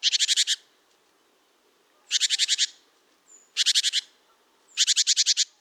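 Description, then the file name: Great tit calling in four rasping, buzzy bursts of rapid ticking notes, with faint thin whistles in two of the gaps. "Parus major"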